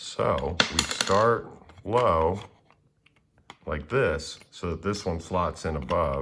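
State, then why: Not seated. Someone talks while positioning a sliding wooden or plastic puzzle piece so it slots in above another piece in a mechanical puzzle box, with a few faint taps and clicks of handling in a quiet pause around 2.7 to 3.5 seconds. The piece is still being handled at the end of the clip, and nothing has seated or clicked into place yet.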